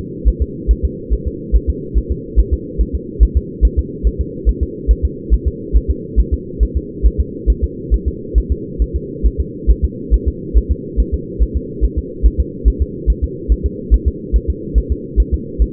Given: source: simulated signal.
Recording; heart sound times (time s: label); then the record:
fetal heart sounds
0.28 s: S1
0.42 s: S2
0.71 s: S1
0.85 s: S2
1.13 s: S1
1.27 s: S2
1.56 s: S1
1.70 s: S2
1.97 s: S1
2.11 s: S2
2.39 s: S1
2.53 s: S2
2.81 s: S1
2.95 s: S2
3.23 s: S1
3.37 s: S2
3.65 s: S1
3.79 s: S2
4.07 s: S1
4.21 s: S2
4.49 s: S1
4.63 s: S2
4.91 s: S1
5.05 s: S2
5.33 s: S1
5.48 s: S2
5.76 s: S1
5.90 s: S2
6.20 s: S1
6.34 s: S2
6.63 s: S1
6.77 s: S2
7.06 s: S1
7.20 s: S2
7.50 s: S1
7.64 s: S2
7.94 s: S1
8.08 s: S2
8.38 s: S1
8.52 s: S2
8.82 s: S1
8.96 s: S2
9.26 s: S1
9.40 s: S2
9.70 s: S1
9.84 s: S2
10.14 s: S1
10.28 s: S2
10.58 s: S1
10.72 s: S2
11.00 s: S1
11.14 s: S2
11.42 s: S1
11.56 s: S2
11.84 s: S1
11.98 s: S2
12.26 s: S1
12.40 s: S2
12.68 s: S1
12.82 s: S2
13.10 s: S1
13.24 s: S2
13.52 s: S1
13.66 s: S2
13.94 s: S1
14.08 s: S2
14.36 s: S1
14.50 s: S2
14.78 s: S1
14.92 s: S2
15.20 s: S1
15.34 s: S2
15.62 s: S1
From the record:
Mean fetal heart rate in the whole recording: 140 bpm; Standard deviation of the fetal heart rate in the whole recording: 2 bpm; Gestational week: 34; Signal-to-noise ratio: -4.1 dB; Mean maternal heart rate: no maternal heart sound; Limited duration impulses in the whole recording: absent